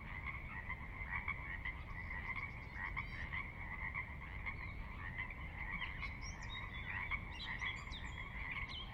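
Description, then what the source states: Chorus of Pacific Chorus Frogs, many overlapping croaks forming a continuous pulsing drone, a few higher sharp calls, low water noise behind. Wild frogs recorded at midnight on the valley floor of Sinlahekin Valley, Sinlahekin Wildlife Area, Washington, near the Cascades; distant water spillage in background; unprocessed raw recording.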